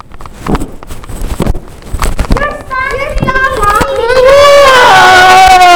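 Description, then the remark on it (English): A person stamps their feet on a floor during a children's game in a quick, uneven run of about half a dozen heavy thumps, then loud, excited children's voices rise and take over. “You have vocabulary for me stamping.”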